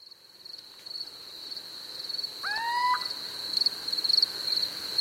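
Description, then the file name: Little owl giving a single short rising mewing call over a steady high-pitched whine. "Steinkauz J Prevost"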